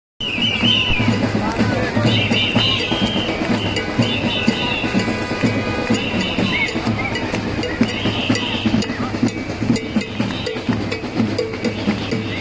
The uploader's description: Germans protest in Berlin Germany